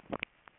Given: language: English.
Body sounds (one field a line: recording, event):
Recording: throat vibration sensor signal played as sound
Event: swallow